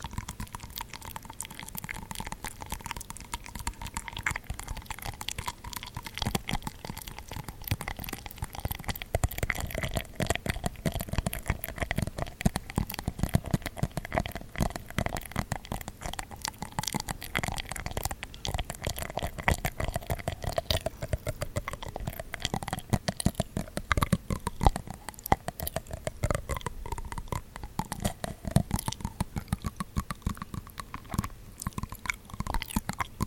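Dense mouth sounds of wet clicks and soft smacking patter run steadily throughout, with a faint wavering tone underneath.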